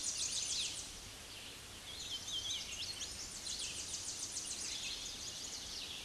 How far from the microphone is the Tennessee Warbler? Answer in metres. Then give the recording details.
about 30 m. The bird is about 15 m above the microphone. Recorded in a Pennsylvania forest on 16 May 2024 at 06:36. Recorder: AudioMoth, point MSD-0508. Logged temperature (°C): 15.5 °C. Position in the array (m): 68 m, 167 m